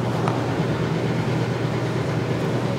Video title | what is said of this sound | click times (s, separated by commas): Good Friday eve | and you'll hear it click and | 0.3 s